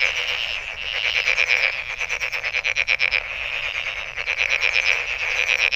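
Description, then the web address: Frog chorus of rapid pulsed trills over a steady high-pitched ringing band, loud throughout. Recorded 23 May 2008. "misc sound frog frog 20080523"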